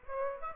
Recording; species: mosquito wingbeat signal from an infrared sensor; Aedes aegypti